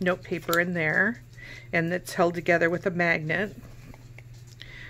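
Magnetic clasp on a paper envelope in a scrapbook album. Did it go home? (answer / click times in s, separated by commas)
yes / 4.6 s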